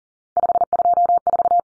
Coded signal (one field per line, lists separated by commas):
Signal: Morse code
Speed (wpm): 38 wpm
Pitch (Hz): 700 Hz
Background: none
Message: 524